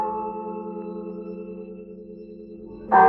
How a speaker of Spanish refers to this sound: tañidos de unas campanas. ¿Las oyen? Son unas campanas que anuncian que algo sobrenatural va a ocurrir.